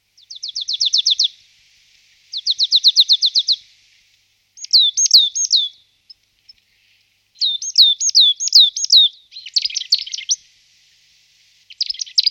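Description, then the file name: Marsh tit gives two fast, even rattles of rapid high notes, then several bursts of swooping, hooked chirps with brief pauses between. "sýkora-babka"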